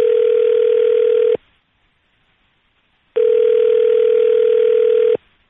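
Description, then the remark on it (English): A telephone rings in two long, steady electronic bursts separated by a pause of about two seconds. The tone is loud, flat and mid-pitched, with no voices. “Oh, the phone's ringing.”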